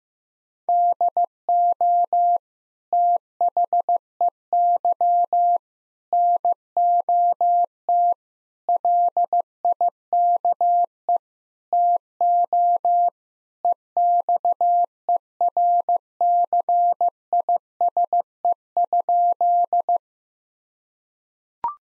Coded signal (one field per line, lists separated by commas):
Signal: Morse code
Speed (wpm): 15 wpm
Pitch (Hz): 700 Hz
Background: none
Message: DO THEY NOT LIKE TO EXERCISE?